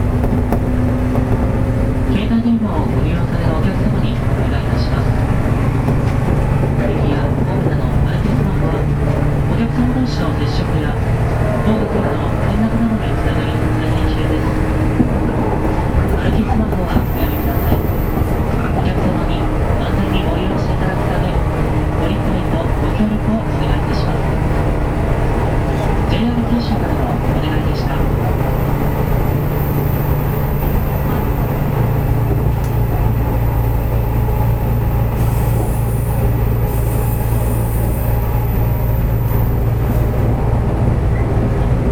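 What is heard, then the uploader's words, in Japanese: Running sound recorded aboard a 415 series local train on the Nippō Line: a steady low rumble and hum that holds throughout, with a sharp click near the start. Faint voices murmur underneath, and a high whine comes in around seventeen seconds and again from thirty onward. JR九州の415系の走行音です。日豊線の普通電車にて収録。区間は、大分から別府までです。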